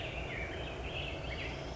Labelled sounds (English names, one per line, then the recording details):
Black-headed Grosbeak
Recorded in Sonoma County, California